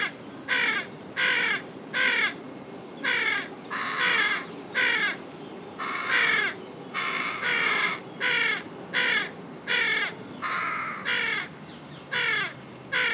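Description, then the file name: Carrion crow calling in a rapid, unbroken series of harsh, raspy caws, some short and some drawn out. "Corvus corone"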